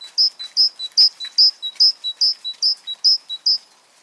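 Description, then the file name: Great tit song, loud two-note high-low phrases repeated steadily about nine times without a break. "Parus major"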